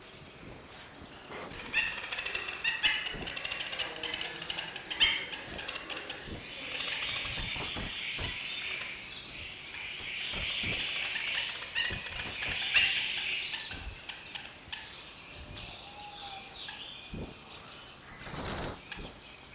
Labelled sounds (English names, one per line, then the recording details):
Black-winged Stilt call
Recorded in captivity
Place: Zoo Berlin, Berlin, DE
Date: 1986-11-14 12:02
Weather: sunny 7 - 8°
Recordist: Tembrock, Günter